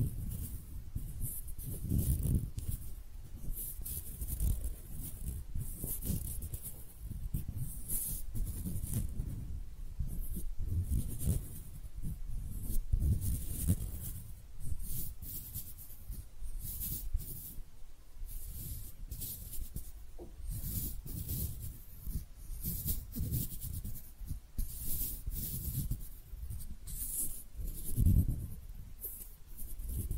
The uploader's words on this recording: ASMR Relaxing Hand Sounds (No Talking).